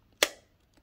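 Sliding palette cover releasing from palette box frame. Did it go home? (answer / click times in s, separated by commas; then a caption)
released / 0.2 s. A plastic sliding palette cover on a Renzoe Box palette is lifted and pops up out of its seat in the palette box frame, giving a sharp, bright snap at 0.2 s that rings out briefly. A couple of faint soft ticks follow near 0.8 s, and the cover comes free, released.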